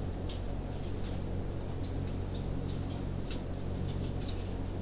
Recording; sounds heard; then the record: poultry house recording; no chicken sound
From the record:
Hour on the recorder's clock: 20